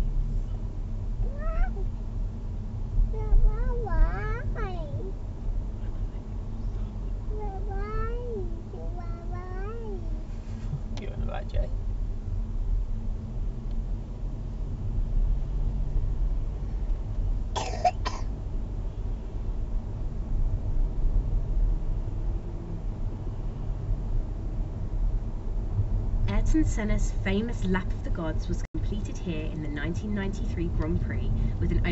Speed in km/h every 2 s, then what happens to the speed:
26, 29, 29, 27, 26, 26, 27, 32, 34, 35, 37, 39, 39, 39, 35, 32.
0-11 steady at about 26. 11-22 speeds up to 39. 22-32 slows to 32.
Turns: 28-32.